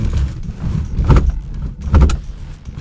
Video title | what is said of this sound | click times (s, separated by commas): 🚗 SEAT 127 (1974) 3 puertas - Primer arranque en más de dos décadas - 03/06/2021 | fermo del sedile non si inserisce nelle tacche delle guide. | none